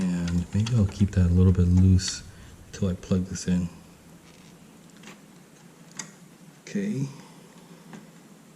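During a motherboard swap on a Dell PowerEdge R820 server, a data cable connector is handled near its socket on the motherboard while someone talks, followed by a few faint handling ticks in a quiet stretch. The connector has not seated or clicked into the socket yet.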